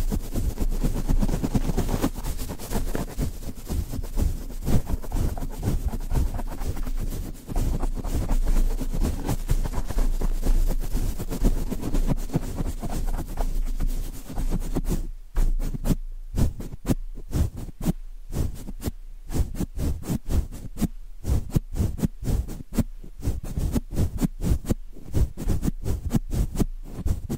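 Rhythmic brushing against a microphone, a dense steady scrape for fifteen seconds, then quick separate strokes with short gaps between them.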